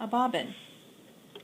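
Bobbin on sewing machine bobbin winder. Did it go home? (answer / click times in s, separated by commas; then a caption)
no / none. An empty plastic bobbin is handled on a sewing machine's bobbin winder spindle, to be pushed right until it snaps into the winding position. Someone talks briefly at the start, then a quiet stretch follows with a faint short sound near 1.4 s. Nothing has seated or clicked yet.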